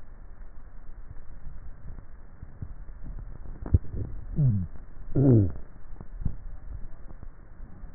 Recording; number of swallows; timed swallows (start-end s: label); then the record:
swallowing sounds by neck microphone; 2
3.68-4.82 s: swallow
6.42-6.98 s: swallow
From the record:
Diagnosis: dysphagia